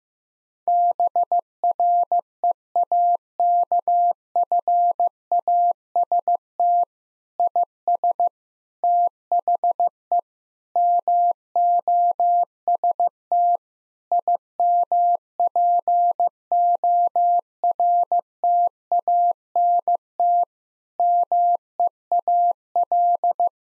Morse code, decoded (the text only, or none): BREAKFAST IS THE MOST IMPORTANT MEAL